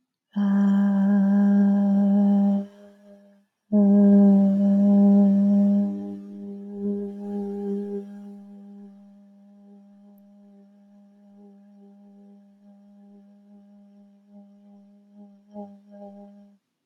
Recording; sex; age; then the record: vowel held as long as possible; female; 20 to 29 years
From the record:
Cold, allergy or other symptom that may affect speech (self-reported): no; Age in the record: 22 years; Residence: California, United States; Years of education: 17